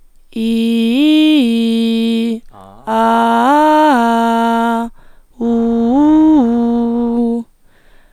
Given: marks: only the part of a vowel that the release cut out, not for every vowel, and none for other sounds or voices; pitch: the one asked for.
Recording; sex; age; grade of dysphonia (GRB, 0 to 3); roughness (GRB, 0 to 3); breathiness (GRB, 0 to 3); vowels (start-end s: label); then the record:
sustained vowels; female; 20 to 29 years; 1; 1; 0
0.50-2.17 s: vowel /i/, low-high-low pitch
3.02-4.70 s: vowel /a/, low-high-low pitch
5.50-7.27 s: vowel /u/, low-high-low pitch
From the record:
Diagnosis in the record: hyperfunctional dysphonia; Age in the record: 26 years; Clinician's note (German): Deutlich verkürztes Schwingungsbild, verkürzte Randkantenverschiebung